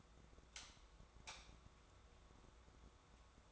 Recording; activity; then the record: daily activity, microphone in the room; light off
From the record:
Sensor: 3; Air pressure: 1010.2 hPa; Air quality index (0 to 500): 168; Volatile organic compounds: 9 ppm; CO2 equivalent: 2192 ppm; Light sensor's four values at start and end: 50/125/54/59 and 47/117/51/57